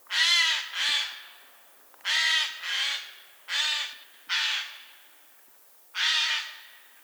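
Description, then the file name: Eurasian jay giving harsh, rasping screeches, mostly in quick pairs, seven calls over about seven seconds with short quiet gaps between. "Garrulus glandarius"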